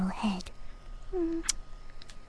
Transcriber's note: kiss noise